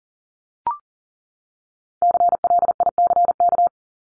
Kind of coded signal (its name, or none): Morse code